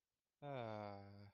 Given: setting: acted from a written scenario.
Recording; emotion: vocal sound without words; contentment